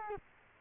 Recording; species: mosquito wingbeat signal from an infrared sensor; Culex quinquefasciatus